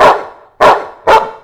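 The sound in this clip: Dog barking three times in quick succession, short sharp woofs with a slight ringing tail.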